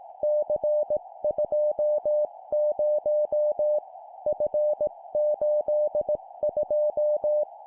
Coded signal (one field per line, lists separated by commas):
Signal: Morse code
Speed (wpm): 18 wpm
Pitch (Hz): 600 Hz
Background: none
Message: C20 F82